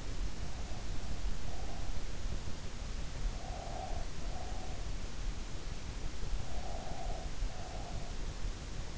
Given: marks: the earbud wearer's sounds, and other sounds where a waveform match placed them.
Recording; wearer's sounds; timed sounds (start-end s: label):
sounds in sleep by an in-ear microphone; breath
0.00-2.13 s: breath
3.10-4.78 s: breath
6.26-8.10 s: breath